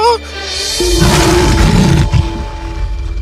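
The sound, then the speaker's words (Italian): A lion roars angrily, a loud, rough, gravelly bellow that swells quickly and rumbles low for a couple of seconds before easing into a trailing growl. “ruggì rabbiosamente”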